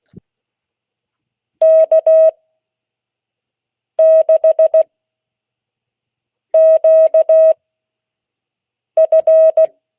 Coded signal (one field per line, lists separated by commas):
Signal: Morse code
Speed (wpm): 16 wpm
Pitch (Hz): 640 Hz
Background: none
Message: K6QF